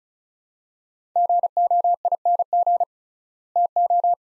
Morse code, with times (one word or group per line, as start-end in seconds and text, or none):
1.2-2.8 GOING
3.6-4.1 TO